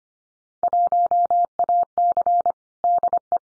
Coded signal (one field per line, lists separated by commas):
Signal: Morse code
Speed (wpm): 25 wpm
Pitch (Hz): 700 Hz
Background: none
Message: 1AC DE